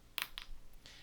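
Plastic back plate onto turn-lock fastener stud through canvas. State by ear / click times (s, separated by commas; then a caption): seated / 0.2 s, 0.4 s. A plastic back plate is pressed by hand onto the stud of a plastic turn-lock fastener through a canvas cover, ratcheting down toward the stud. Two sharp clicks are heard at 0.2 s and 0.4 s, followed by a softer, longer rustle around 0.9 s. The back plate is seated on the stud.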